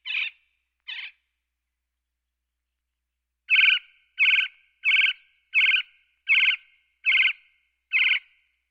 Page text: Gila Woodpecker. Quick Sounds